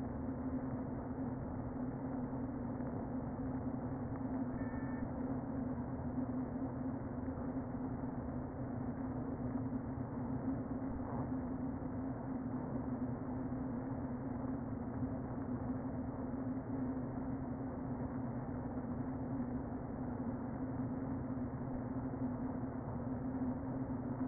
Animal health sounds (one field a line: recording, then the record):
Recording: honeybee colony, microphone inside the hive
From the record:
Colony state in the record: queen present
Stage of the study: before two queens were removed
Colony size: about 60,000 bees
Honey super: yes